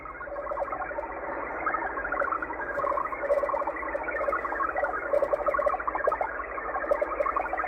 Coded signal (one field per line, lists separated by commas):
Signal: HF data modem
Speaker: there you go uh xpb out of Moscow Russia with a digital transmission